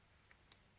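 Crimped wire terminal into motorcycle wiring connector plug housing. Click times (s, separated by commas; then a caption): 0.5 s. A crimped metal wire terminal, its locking tab lifted slightly with a blade, is slid back into the back of a plastic connector plug on a Honda CB250RS motorcycle wiring loom. A faint tick at 0.3 s is followed by a sharper, brighter click at 0.5 s as the terminal seats in the plug housing. Otherwise the clip is quiet.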